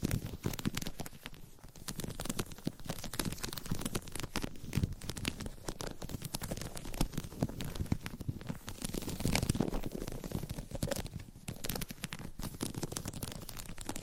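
Surface scratching and tapping, a dense run of short crackly strokes that carry on without a break for the whole stretch. The texture is rough and papery, like crinkling or tearing, with a low rumble underneath and brief thinner gaps near 1 and 11 seconds.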